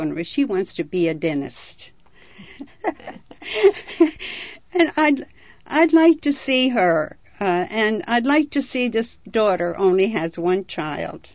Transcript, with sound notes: She wants to be a dentist. ( she laughs ) And I, I'd like to see her, and I'd like to see this daughter only have one child.